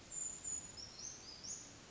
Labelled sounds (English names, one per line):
Brown Creeper